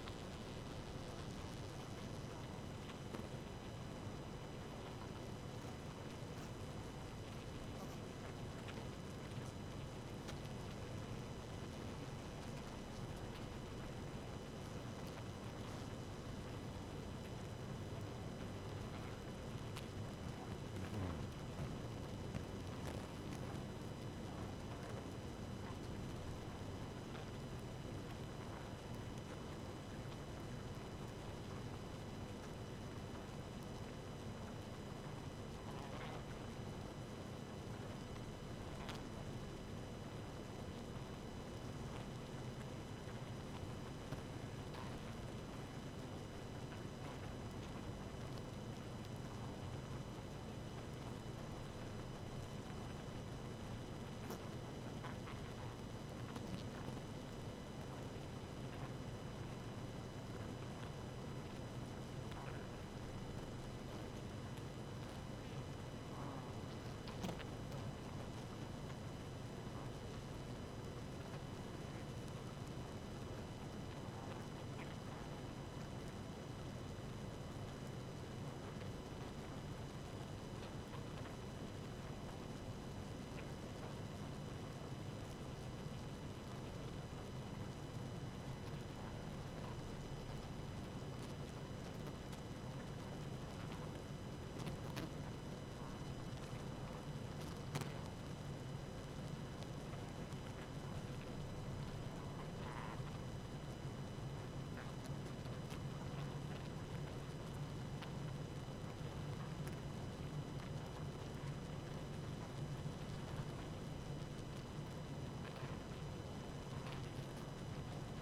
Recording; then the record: honeybee colony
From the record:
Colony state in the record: active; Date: 12 June 2018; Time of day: 1:03